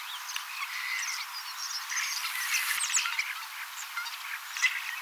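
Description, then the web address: Common starling chatter, a dense mix of thin whistles, squeaks and rattling notes running without pause, with a single sharp click midway. Young starlings singing and practising song, mimicking several other species a little; 18 October 2024. "paivat 18 10 2024 kasittaakseni kottaraisnuoret laulavat lauluharjoittelevat useita lajeja matkivat hiukan"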